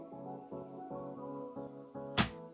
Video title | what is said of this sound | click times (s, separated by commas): TRICERATOPS HABITAT DEFENDER - Jurassic World - DINO TRACKERS - UNBOXING - Toys InDaBox | hacemos coincidir las piezas y presionamos hasta escuchar un clic y | 2.2 s